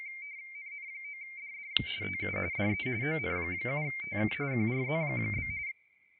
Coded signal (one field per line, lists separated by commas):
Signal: RTTY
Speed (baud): 45.45 baud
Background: speech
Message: NN9DD TU DE ON7TK QRZ?